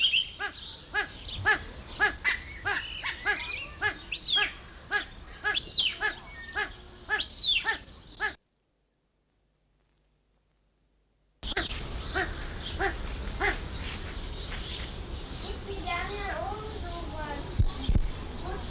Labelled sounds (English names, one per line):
Satyr Tragopan call